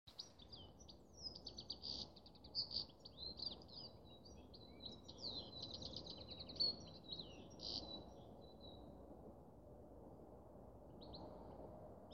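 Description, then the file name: Canary song of quick high trills and chirped phrases for about nine seconds, then a short burst, over a steady low background hum. "Canary Voice"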